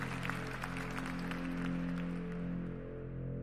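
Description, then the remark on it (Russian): An audience of young men and women at a lecture claps steadily, a dense crackle of many hands at an even level for a few seconds, over a low steady hum. “Радостно аплодируя Александре, они еще не представляли, каково это — существовать вечно.”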